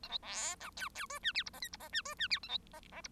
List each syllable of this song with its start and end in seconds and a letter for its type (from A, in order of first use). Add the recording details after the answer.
0.03-0.08 A, 0.09-0.18 B, 0.22-0.55 C, 0.60-0.70 D, 0.76-0.89 E, 0.94-1.06 E, 1.09-1.19 F, 1.23-1.32 G, 1.34-1.43 H, 1.46-1.50 I, 1.53-1.60 J, 1.61-1.68 K, 1.72-1.77 I, 1.79-1.89 J, 1.92-2.02 G, 2.05-2.14 F, 2.18-2.28 G, 2.30-2.39 H, 2.42-2.48 A, 2.48-2.58 B, 2.73-2.80 J, 2.91-3.01 J, 3.04-3.08 I. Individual Bird1